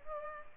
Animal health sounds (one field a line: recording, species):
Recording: mosquito wingbeat signal from an infrared sensor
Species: Culex pipiens